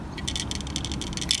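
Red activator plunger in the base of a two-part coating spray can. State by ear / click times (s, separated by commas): seated / 1.3 s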